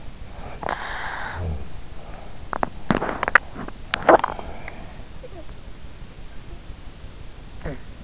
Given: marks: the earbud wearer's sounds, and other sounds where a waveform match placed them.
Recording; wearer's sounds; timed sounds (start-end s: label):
sounds in sleep by an in-ear microphone; teeth grinding
0.55-4.63 s: teeth grinding